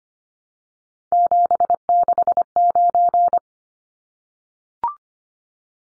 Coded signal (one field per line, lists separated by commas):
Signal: Morse code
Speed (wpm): 25 wpm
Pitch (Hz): 700 Hz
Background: none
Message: 769